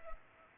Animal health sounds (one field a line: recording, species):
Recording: mosquito wingbeat signal from an infrared sensor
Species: Culex pipiens